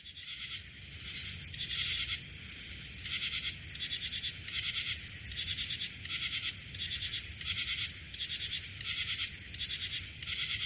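Cricket giving repeated rasping chirps made of rapid pulses, starting softly and growing steadier, over low background noise.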